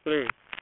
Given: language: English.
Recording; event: throat vibration sensor signal played as sound; speech